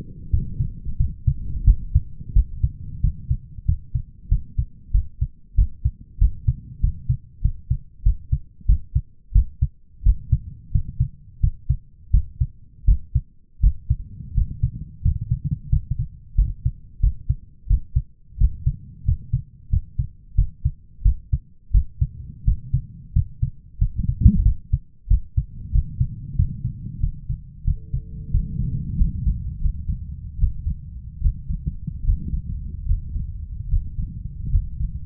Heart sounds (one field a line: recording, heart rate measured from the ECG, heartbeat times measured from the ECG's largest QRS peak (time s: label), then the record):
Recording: heart sounds by stethoscope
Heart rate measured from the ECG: 88 bpm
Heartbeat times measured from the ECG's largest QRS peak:
0.30 s: heartbeat
0.97 s: heartbeat
1.64 s: heartbeat
2.33 s: heartbeat
3.01 s: heartbeat
3.65 s: heartbeat
4.28 s: heartbeat
4.91 s: heartbeat
5.55 s: heartbeat
6.18 s: heartbeat
6.80 s: heartbeat
7.41 s: heartbeat
8.03 s: heartbeat
8.66 s: heartbeat
9.32 s: heartbeat
10.03 s: heartbeat
10.71 s: heartbeat
11.40 s: heartbeat
12.11 s: heartbeat
12.85 s: heartbeat
13.60 s: heartbeat
14.34 s: heartbeat
15.02 s: heartbeat
15.69 s: heartbeat
16.35 s: heartbeat
17.00 s: heartbeat
17.67 s: heartbeat
18.37 s: heartbeat
19.04 s: heartbeat
19.69 s: heartbeat
20.35 s: heartbeat
21.02 s: heartbeat
21.71 s: heartbeat
22.44 s: heartbeat
23.13 s: heartbeat
23.78 s: heartbeat
24.42 s: heartbeat
25.07 s: heartbeat
25.72 s: heartbeat
26.36 s: heartbeat
27.00 s: heartbeat
27.64 s: heartbeat
28.31 s: heartbeat
28.96 s: heartbeat
29.60 s: heartbeat
30.38 s: heartbeat
31.20 s: heartbeat
32.03 s: heartbeat
32.85 s: heartbeat
33.68 s: heartbeat
34.49 s: heartbeat
From the record:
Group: healthy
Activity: rest 0-29 s, Valsalva maneuver 29-35 s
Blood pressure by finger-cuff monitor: 138/96 mmHg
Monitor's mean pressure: 108 mmHg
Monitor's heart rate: 90 bpm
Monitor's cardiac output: 7.6 L/min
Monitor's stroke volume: 85 mL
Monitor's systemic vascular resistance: 1070 dyn s/cm5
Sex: male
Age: 23 years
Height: 179 cm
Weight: 87 kg